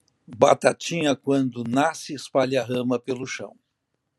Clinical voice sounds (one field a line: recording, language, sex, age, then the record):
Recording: short text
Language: Brazilian Portuguese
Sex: male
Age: 70 to 79 years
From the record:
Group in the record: control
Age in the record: 78 years